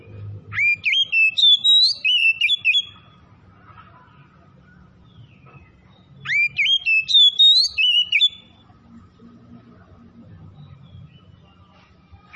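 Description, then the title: Oriental magpie-robin song in two bursts of rapid, rising and falling whistles, each about two seconds long, separated by several seconds of quiet with faint background hum. In full song; described as gacor, singing persistently. "Kacer Tretes"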